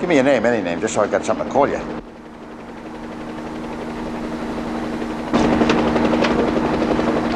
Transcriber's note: soundbite of helicopter whirring